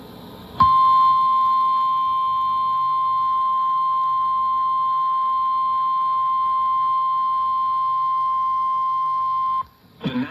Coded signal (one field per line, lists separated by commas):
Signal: Emergency Alert System (SAME) tones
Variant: 1050 Hz attention tone